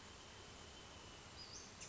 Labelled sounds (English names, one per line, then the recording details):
Western Flycatcher
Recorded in Sonoma County, California